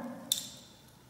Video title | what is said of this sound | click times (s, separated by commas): Playmobile The Movie | Il faut entendre le clic. | 0.3 s